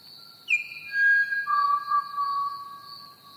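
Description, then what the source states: Pied Butcherbird song, a falling series of clear, fluty whistled notes stepping down in pitch, over a steady high cricket trill. Recorded together with chirping crickets.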